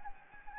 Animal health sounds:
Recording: mosquito wingbeat signal from an infrared sensor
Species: Anopheles gambiae

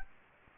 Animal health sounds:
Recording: mosquito wingbeat signal from an infrared sensor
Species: Aedes aegypti

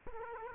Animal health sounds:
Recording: mosquito wingbeat signal from an infrared sensor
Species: Culex quinquefasciatus

